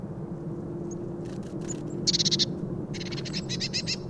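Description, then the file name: Eurasian blue tit calling: a short buzzy churr followed by a longer run of rapid, harsh repeated notes, with thin high tsee notes and low background rumble. "Cyanistes caeruleus"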